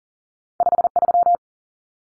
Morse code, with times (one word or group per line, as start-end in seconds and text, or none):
0.6-0.9 5
1.0-1.4 3